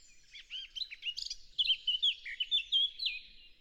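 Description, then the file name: Eurasian blackcap song, twittering notes building into a string of loud, mellow whistled phrases that drop and rise in pitch. "Sylvia atricapilla"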